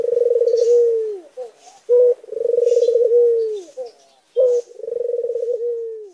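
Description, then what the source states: Barbary dove with three rolling, vibrating coos about two seconds apart, each ending in a downward slur and short accent notes. White Barbary dove (puter putih).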